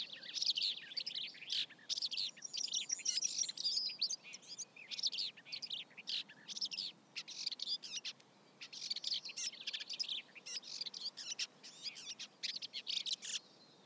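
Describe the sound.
Red-backed shrike singing a rambling, scratchy chatter of mixed high notes, running on with brief pauses.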